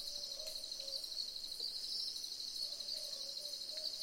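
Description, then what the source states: Southern boobook giving soft hoots a few times, set against a constant shrill insect buzz. Several owls calling together in a chorus.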